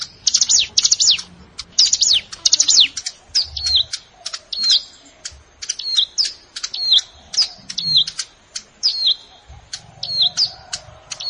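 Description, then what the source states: Plain prinia song: a rapid burst of high chirps, then steady downslurred notes repeated roughly twice a second, mixed with sharp clicks. Recorded in a rice field (sawah).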